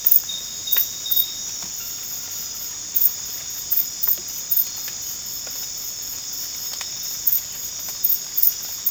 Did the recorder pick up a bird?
no